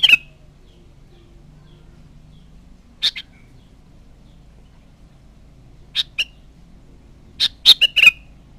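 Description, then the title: Sooty-headed bulbul uttering irregular sharp chirps, single or paired, ending in a quicker cluster of notes; low steady hum underneath. "Kutilang"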